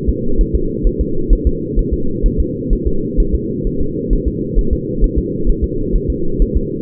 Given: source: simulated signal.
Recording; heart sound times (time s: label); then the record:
fetal heart sounds
0.09 s: S2
0.41 s: S1
0.55 s: S2
0.87 s: S1
1.01 s: S2
1.33 s: S1
1.47 s: S2
1.79 s: S1
1.93 s: S2
2.26 s: S1
2.40 s: S2
2.73 s: S1
2.87 s: S2
3.20 s: S1
3.35 s: S2
3.67 s: S1
3.81 s: S2
4.13 s: S1
4.27 s: S2
4.59 s: S1
4.73 s: S2
5.04 s: S1
5.18 s: S2
5.50 s: S1
5.64 s: S2
5.95 s: S1
6.10 s: S2
6.42 s: S1
6.57 s: S2
From the record:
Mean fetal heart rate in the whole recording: 130 bpm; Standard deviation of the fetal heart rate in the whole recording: 4 bpm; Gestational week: 38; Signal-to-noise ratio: -8.1 dB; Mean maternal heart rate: 72 bpm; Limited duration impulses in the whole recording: absent